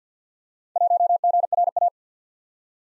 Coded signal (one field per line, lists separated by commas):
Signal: Morse code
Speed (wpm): 50 wpm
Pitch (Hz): 700 Hz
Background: none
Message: 1GRA